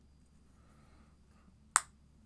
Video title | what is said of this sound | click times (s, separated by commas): Let's Build Some Gundams | Oh, I love that satisfying click. | 1.8 s